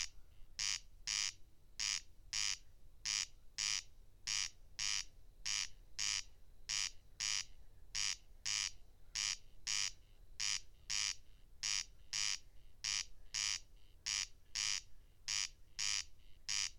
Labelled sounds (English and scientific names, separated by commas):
Corn Crake (Crex crex) song